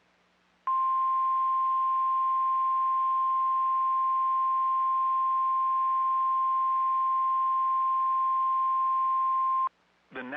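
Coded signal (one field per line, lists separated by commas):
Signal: Emergency Alert System (SAME) tones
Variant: 1050 Hz attention tone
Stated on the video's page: NOAA Weather Radio alerts: Flash Flood Warning and Severe Thunderstorm Warning for the Washington, D.C. area.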